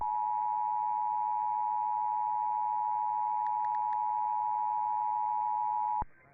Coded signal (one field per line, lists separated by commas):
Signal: Emergency Alert System (SAME) tones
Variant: 853 and 960 Hz attention tone